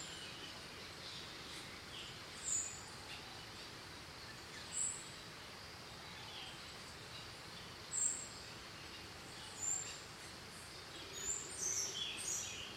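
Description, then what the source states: Birds giving sharp high chirps every few seconds, with a short run of quick notes near the end, over a steady hiss of insects. Morning in Costa Rica, with crickets.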